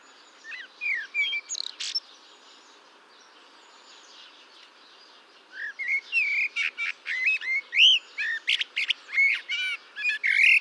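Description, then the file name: Common blackbird song: a few chirps, a quiet pause, then a busy burst of high twittering and squeaky notes. "Turdus merula"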